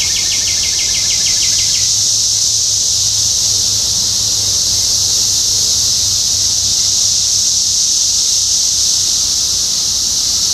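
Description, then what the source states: Cicada chorus as a steady high drone; a short rapid run of repeated notes from another caller sounds in the first two seconds, with a faint low hum beneath. Cicadas in Topeka, Kansas, USA, on 14 June 2015.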